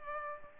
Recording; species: mosquito wingbeat signal from an infrared sensor; Culex pipiens